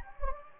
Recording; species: mosquito wingbeat signal from an infrared sensor; Anopheles gambiae